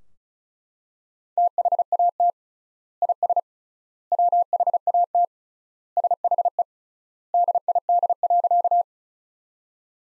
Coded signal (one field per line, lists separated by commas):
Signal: Morse code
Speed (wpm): 36 wpm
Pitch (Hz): 700 Hz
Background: none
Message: THAT IS WHAT SHE DID.